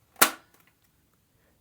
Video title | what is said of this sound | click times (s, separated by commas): How to Use Your Brother MFC-L2900DW : Step by Step Guide | put it in the same position, make sure it clicks, and | 0.2 s